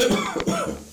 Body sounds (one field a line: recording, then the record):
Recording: coughing mixed with background sound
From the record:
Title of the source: Spring Cold Coughing.